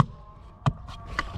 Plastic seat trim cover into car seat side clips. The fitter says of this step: This just pops into place, 2 clips.